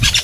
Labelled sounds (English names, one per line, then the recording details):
Brown-throated Parakeet contact call
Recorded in Venezuela
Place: Guárico; Corozopando; Fundo La Fe
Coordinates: 8.506, -67.593